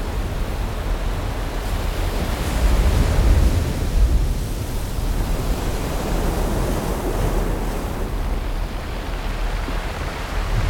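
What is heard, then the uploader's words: Deep, steady rumbling noise like surf on a pebble beach, dense and low, swelling slightly around three seconds before settling. The Brown Noise Version of Pebble Beach.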